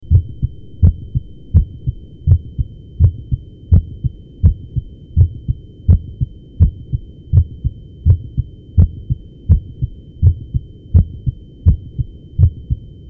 Basic Heart Sounds. Apex Sounds nad koniuszkiem serca.